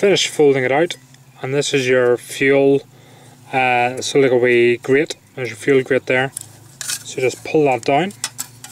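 Someone talks while handling a folding steel firebox camp stove, unfolding it and pulling down its fuel grate, with light metallic clinks and clatter heard, including sharp taps near the end. The grate has not yet been pushed home, and nothing has seated or clicked into place.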